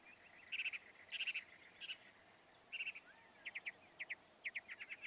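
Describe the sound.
Northern mockingbird song: varied phrases of repeated notes, some in quick bursts, then separated chip-like notes in quick series.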